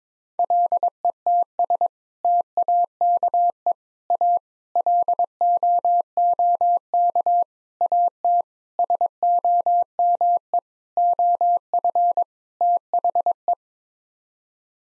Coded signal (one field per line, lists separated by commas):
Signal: Morse code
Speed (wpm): 22 wpm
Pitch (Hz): 700 Hz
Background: none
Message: LETS TAKE A LOOK AT SOME OF THE